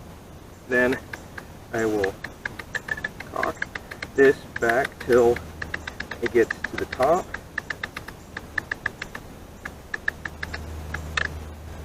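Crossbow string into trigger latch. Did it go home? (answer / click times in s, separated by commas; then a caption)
yes / 11.2 s. A crossbow string is cranked back with a cocking crank while someone talks, giving a run of sharp ratcheting clicks as it is drawn toward the top. At 11.2 s a click sounds as the string catches in the trigger mechanism and latches into the locked position.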